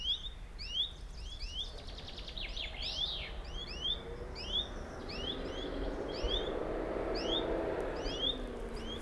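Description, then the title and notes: Bird calls: rapid rising chirps from two birds, joined by a swelling low drone of an aircraft or vehicle in the second half. Two birds calling in competition, Buchet, Germany; a bus drives on the street to the west and a plane flies over the area. "Buchet, Deutschland - Vogelwettschreien. Birds battle. Zwei Vögel schreien um die Wette, auf der westlich gelegenen Straße fährt ein Bus, ein Flugzeug fliegt über das Gebiet"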